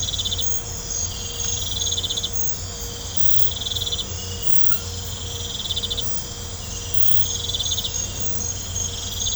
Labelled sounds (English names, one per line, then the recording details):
none
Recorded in pastures near Puerto Asís, Putumayo, Colombia, on 20 December 2024 at 00:30
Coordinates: 0.502, -76.324
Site G077